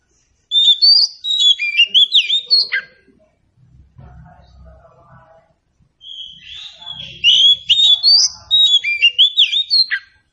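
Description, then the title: Oriental magpie-robin singing two long phrases of quick, varied whistles and slurred notes, with a gap of about three seconds and faint low noise between. Local name kacer; meant to prompt a bird to sing in reply. "Nyaut Kacer"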